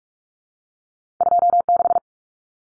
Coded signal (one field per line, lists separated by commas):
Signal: Morse code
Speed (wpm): 44 wpm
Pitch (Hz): 700 Hz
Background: none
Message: 26